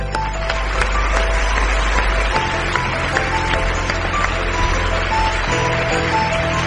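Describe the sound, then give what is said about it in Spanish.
An audience claps steadily for the cast of a horror show as they are introduced, a dense, even wash of applause at constant loudness, with faint sustained musical tones running underneath. “Otro aplauso para el divertido astronauta”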